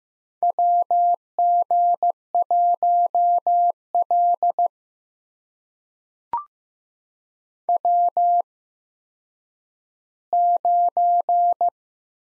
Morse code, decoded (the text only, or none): WG1L W9